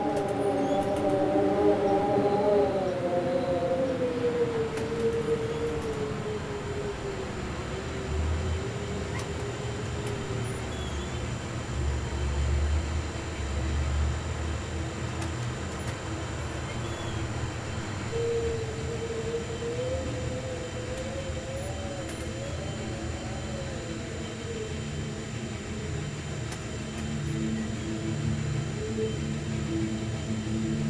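A blended room tone made of a steady, dense low rumble with a constant wash of hiss. Slow, wavering hum tones drift and bend in the middle range throughout, rising again around twenty seconds, while faint high ticks appear now and then.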